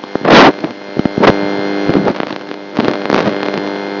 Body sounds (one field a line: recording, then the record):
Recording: brain microelectrode recording played as sound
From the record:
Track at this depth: outside the subthalamic nucleus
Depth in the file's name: 0.008 mm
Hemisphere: right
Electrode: 2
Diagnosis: Parkinson's disease